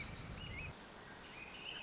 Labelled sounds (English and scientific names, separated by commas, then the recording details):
Swainson's Thrush (Catharus ustulatus)
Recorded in Sonoma County, California